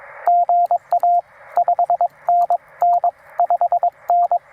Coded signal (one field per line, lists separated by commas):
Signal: Morse code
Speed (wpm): 19 wpm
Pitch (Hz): 690 Hz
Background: radio noise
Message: GA 5NN 5N